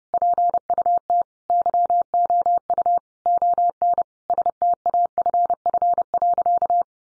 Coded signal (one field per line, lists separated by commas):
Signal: Morse code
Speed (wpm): 30 wpm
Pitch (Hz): 700 Hz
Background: none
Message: PUT YOU ON STAFF.